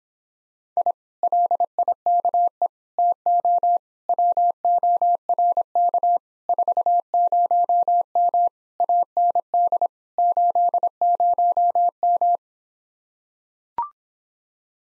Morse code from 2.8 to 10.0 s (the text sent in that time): TO WORK 40M AND